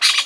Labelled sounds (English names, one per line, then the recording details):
Brown-throated Parakeet contact call
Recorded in Venezuela
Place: Guárico; Corozopando; Fundo La Fe
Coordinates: 8.506, -67.593